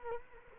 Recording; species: mosquito wingbeat signal from an infrared sensor; Culex quinquefasciatus